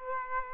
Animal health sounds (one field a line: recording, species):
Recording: mosquito wingbeat signal from an infrared sensor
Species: Aedes aegypti